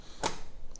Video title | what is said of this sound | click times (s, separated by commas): How to hoop a dad hat, step by step, using the GEN 2 from HoopTech | okay once you hear those two clicks you're good | 0.3 s, 0.8 s